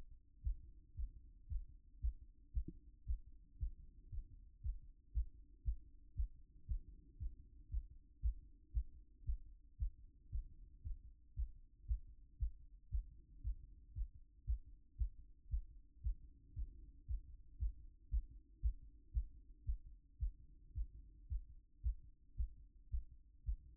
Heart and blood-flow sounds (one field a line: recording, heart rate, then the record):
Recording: heart sounds by stethoscope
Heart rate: 115 bpm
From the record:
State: after exercise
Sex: male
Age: 28 years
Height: 180 cm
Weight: 120 kg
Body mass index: 37.04